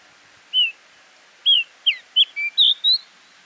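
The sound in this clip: Bushchat song: a short whistled note, a pause, then a quick run of varied chirps.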